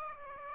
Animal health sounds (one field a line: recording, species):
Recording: mosquito wingbeat signal from an infrared sensor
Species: Aedes aegypti